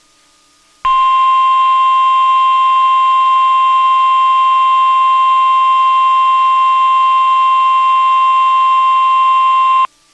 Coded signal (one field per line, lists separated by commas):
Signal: Emergency Alert System (SAME) tones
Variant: 1050 Hz attention tone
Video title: Combining Hobbies... | WXK67 RWT, Radio Setup and Room Tour | EAS 471